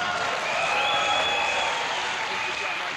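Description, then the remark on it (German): Steady, dense applause from an audience for the new university president, a continuous wash of clapping at even loudness for about three seconds, with a faint tonal whistle or squeal running faintly through the middle. “Und vielleicht können wir mal einen heftigen Applaus loswerden für den neuen Uni-Präsidenten.”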